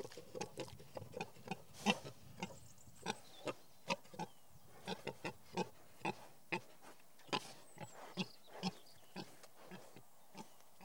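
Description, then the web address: Pig grunts, many short snorting grunts in an irregular series over a steady low background hiss. "The BBC Sound Effects Library. Pigs"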